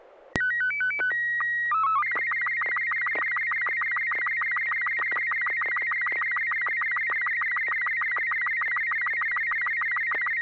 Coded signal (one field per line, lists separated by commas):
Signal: SSTV (slow-scan television)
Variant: Robot 36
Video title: N6NA SSTV Net - 02/26/2025